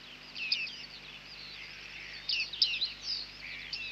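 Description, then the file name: Bearded reedling calls: bursts of high, ringing pings and quick downward slurs, busiest in the second half. "Bearded Tit (Panurus biarmicus)"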